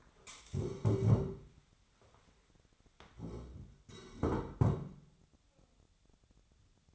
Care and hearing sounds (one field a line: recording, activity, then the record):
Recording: daily activity, microphone in the room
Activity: stand up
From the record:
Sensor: 3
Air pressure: 1015.2 hPa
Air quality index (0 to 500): 161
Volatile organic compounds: 11 ppm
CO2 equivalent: 2304 ppm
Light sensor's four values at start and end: 15/39/16/17 and 15/39/16/17